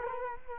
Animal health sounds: mosquito wingbeat signal from an infrared sensor; Culex quinquefasciatus

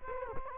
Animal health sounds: mosquito wingbeat signal from an infrared sensor; Culex quinquefasciatus

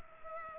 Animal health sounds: mosquito wingbeat signal from an infrared sensor; Culex pipiens

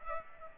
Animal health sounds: mosquito wingbeat signal from an infrared sensor; Aedes aegypti

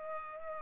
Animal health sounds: mosquito wingbeat signal from an infrared sensor; Culex pipiens

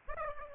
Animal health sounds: mosquito wingbeat signal from an infrared sensor; Aedes aegypti

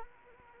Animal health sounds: mosquito wingbeat signal from an infrared sensor; Anopheles arabiensis

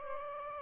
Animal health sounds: mosquito wingbeat signal from an infrared sensor; Aedes aegypti

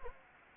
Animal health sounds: mosquito wingbeat signal from an infrared sensor; Anopheles gambiae

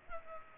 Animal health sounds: mosquito wingbeat signal from an infrared sensor; Culex pipiens

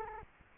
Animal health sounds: mosquito wingbeat signal from an infrared sensor; Culex quinquefasciatus

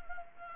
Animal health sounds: mosquito wingbeat signal from an infrared sensor; Anopheles gambiae

